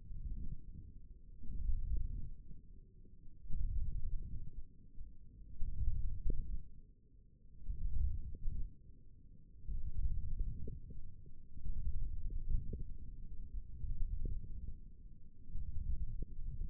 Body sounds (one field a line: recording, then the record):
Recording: forearm muscle sounds (acoustic myography)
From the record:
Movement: wrist flexion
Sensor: system 1, eight BSWA MPA416 microphones around the upper forearm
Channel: 1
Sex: male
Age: 20 years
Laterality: left